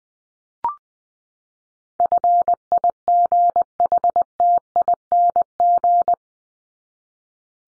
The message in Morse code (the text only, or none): FIGHTING